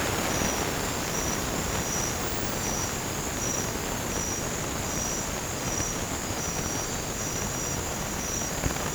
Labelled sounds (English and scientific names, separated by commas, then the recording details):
none
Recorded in dense forest near Puerto Asís, Putumayo, Colombia, on 30 June 2025 at 21:30
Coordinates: 0.503, -76.323
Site G059